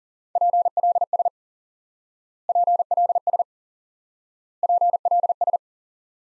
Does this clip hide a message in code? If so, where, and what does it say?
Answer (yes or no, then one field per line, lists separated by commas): yes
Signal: Morse code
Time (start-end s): 0.4-5.6 s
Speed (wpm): 40 wpm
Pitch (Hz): 700 Hz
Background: none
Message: PLS PLS PLS